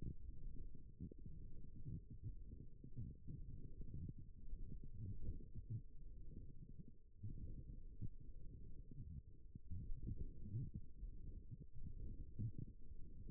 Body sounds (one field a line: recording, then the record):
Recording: forearm muscle sounds (acoustic myography)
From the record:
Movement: forearm supination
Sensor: system 1, eight BSWA MPA416 microphones around the upper forearm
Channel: 2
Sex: female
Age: 21 years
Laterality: right